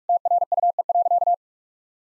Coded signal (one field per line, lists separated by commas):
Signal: Morse code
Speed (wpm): 48 wpm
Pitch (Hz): 700 Hz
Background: none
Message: TRUE.